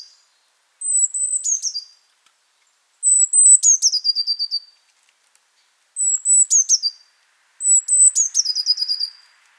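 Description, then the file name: Eurasian blue tit calling: a high thin note followed by a rapid descending trill of buzzy notes, repeated four times. "Cyanistes caeruleus"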